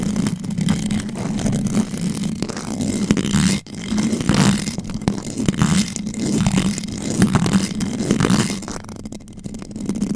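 Claws scratch and rub across a microphone in a dense, continuous texture, with a strong low rumbling band underneath and scraping rasps in waves roughly every second. The sound cuts out briefly near four seconds, then resumes, thinning and quieting slightly toward the end.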